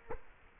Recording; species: mosquito wingbeat signal from an infrared sensor; Culex quinquefasciatus